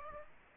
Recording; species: mosquito wingbeat signal from an infrared sensor; Aedes aegypti